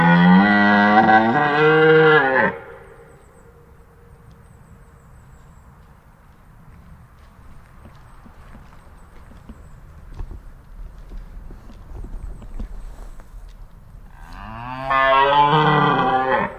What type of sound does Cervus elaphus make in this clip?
rut call